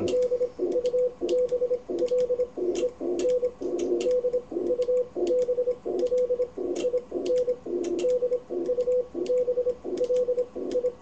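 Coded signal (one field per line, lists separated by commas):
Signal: Morse code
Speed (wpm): 25 wpm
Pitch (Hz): 500 Hz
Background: none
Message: DUBLEN DUBLIN DUBLI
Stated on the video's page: Live amateur Morse QSO.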